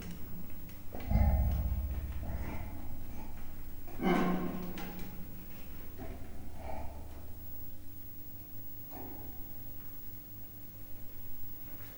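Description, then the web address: Leopard giving a low grunting growl, then a harsher bark-like burst a few seconds later, followed by quieter breathy grunts. Male and female leopards, captive at Miskolc zoo, recorded in 2009; soft growling and short barking yaps. "allathangok miskolcizoo 2009 leopard himnosteny halkmordulasvakkantas"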